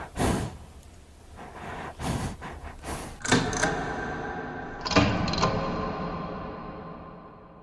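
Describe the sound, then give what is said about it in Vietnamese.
A series of sharp wooden clacks and rattles as a door latch is worked open by a man arriving home, followed by two louder knocking bursts with a ringing, echoing tail. “Đúng lúc này thì ông tôi về, nghe tiếng lạch cạch mở chốt cửa.”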